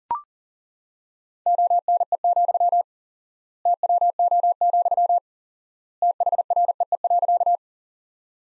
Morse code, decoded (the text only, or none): ONE, TWO, THREE.